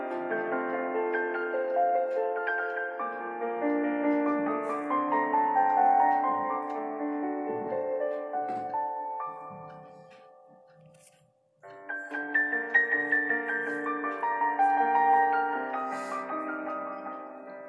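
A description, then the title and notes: Slow, dark music of sustained, layered notes plays steadily, fades to a brief silence near eleven seconds, then swells back in. Dark academia Study with me in the evening.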